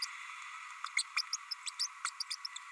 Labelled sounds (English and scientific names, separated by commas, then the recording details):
Green-rumped Parrotlet (Forpus passerinus) babbling
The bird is a male
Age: 30 days
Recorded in a nest box in Venezuela
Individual 17B32A6